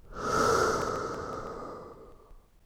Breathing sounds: one breath near a microphone; exhalation

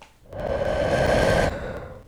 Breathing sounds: one breath near a microphone; exhalation

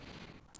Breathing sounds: one breath near a microphone; inhalation

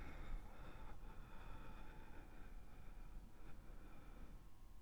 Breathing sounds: one breath near a microphone; exhalation

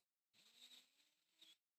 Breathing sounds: one breath near a microphone; inhalation

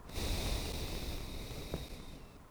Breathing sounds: one breath near a microphone; exhalation

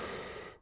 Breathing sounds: one breath near a microphone; inhalation

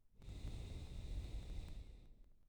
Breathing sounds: one breath near a microphone; exhalation

